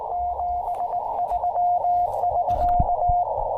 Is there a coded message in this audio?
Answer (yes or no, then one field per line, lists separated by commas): yes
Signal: Morse code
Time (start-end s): 0.1-3.2 s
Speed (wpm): 20 wpm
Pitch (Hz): 690 Hz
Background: radio noise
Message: 73<SK>